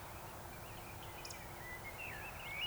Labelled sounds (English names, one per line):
Eurasian Woodcock whistle